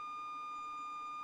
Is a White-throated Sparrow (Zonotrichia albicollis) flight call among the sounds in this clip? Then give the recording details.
no. No flight call is heard. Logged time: 22:00 on 30 November 2014